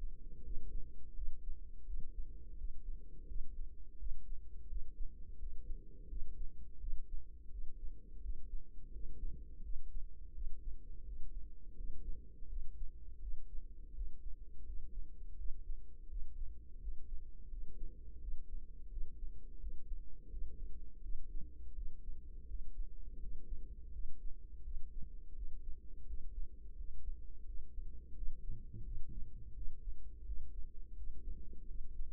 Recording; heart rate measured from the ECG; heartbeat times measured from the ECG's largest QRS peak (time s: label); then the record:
heart sounds by microphone in the right ear; 85 bpm
0.40 s: heartbeat
1.12 s: heartbeat
1.83 s: heartbeat
2.54 s: heartbeat
3.24 s: heartbeat
3.95 s: heartbeat
4.65 s: heartbeat
5.35 s: heartbeat
6.06 s: heartbeat
6.77 s: heartbeat
7.47 s: heartbeat
8.18 s: heartbeat
8.88 s: heartbeat
9.59 s: heartbeat
10.31 s: heartbeat
11.01 s: heartbeat
11.73 s: heartbeat
12.45 s: heartbeat
13.17 s: heartbeat
13.91 s: heartbeat
14.62 s: heartbeat
15.34 s: heartbeat
16.06 s: heartbeat
16.77 s: heartbeat
17.46 s: heartbeat
18.17 s: heartbeat
18.86 s: heartbeat
19.56 s: heartbeat
20.27 s: heartbeat
20.99 s: heartbeat
21.71 s: heartbeat
22.44 s: heartbeat
23.16 s: heartbeat
23.89 s: heartbeat
24.60 s: heartbeat
25.31 s: heartbeat
26.03 s: heartbeat
26.73 s: heartbeat
27.42 s: heartbeat
28.12 s: heartbeat
28.81 s: heartbeat
29.51 s: heartbeat
30.22 s: heartbeat
30.92 s: heartbeat
31.64 s: heartbeat
From the record:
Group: healthy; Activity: cold pressor test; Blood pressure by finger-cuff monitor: 133/77 mmHg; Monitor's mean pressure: 96 mmHg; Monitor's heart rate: 84 bpm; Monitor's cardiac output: 7.2 L/min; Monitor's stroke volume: 86 mL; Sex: female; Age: 32 years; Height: 172 cm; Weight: 71.7 kg